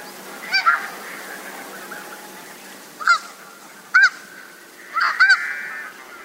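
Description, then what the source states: Snow goose honks, short high nasal notes sounding singly and in a quick pair, scattered across several seconds over a soft steady background hiss. Tokachi Plain, Hokkaido, Japan.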